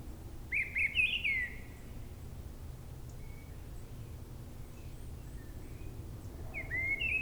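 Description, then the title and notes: Mistle thrush song with a fluted phrase early on, scattered soft notes in the pause, and another phrase starting near the end, over a continuous low hum. Singing perched high in a treetop at a forest edge, Brison-Saint-Innocent, France; Sunday, grey weather, 10°C; a quieter moment lets the bird be heard alone. "Brison-Saint-Innocent, France - Grive draine. En lisière de la forêt une grive draine chante haut perchée à la cime d'un arbre, beaucoup de passages d'avions avec l'aéroport proche un dimanche , il y a quand même un moment plus calme pour l'entendre seule, le temps est gris 10°"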